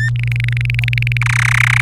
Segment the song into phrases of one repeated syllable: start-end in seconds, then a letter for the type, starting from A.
0.00-0.09 A, 0.16-1.17 B, 1.21-1.81 C